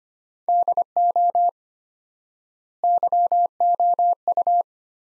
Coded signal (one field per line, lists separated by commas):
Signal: Morse code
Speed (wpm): 25 wpm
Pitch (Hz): 700 Hz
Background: none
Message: DO YOU